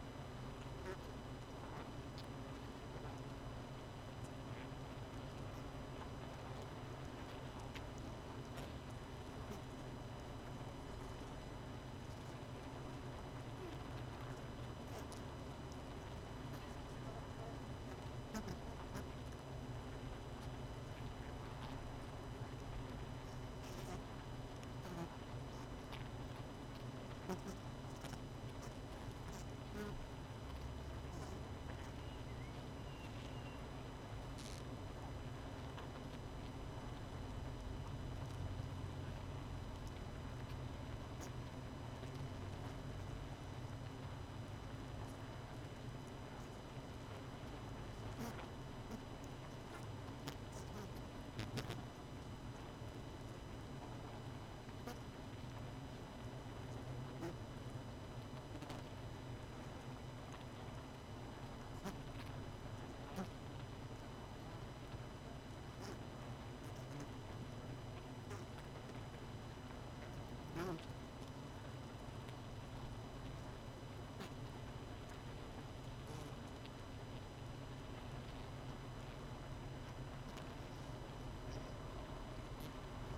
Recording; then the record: honeybee colony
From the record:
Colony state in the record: missing queen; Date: 31 May 2018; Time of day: 19:13